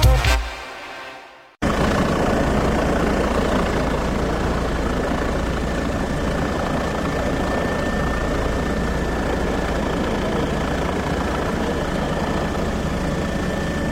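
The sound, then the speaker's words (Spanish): After a brief fading sound and a short silence, a helicopter on a scientific flight over a volcano roars in abruptly and holds steady and loud, with a low throbbing rumble and a thin high whine, no voices. “Este sonido de helicóptero que escuchan, pues podría ser el sonido de un rescate en alta montaña, podría ser el sonido de una operación antidroga o un operativo de vigilancia.”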